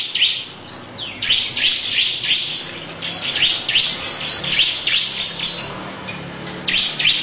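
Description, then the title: Lovebird song, a rapid string of shrill, slightly smeared chirps going on steadily for several seconds over low background noise. Long "ngekek" song. "Audio Lovebird Ngekek Panjang Ciblek"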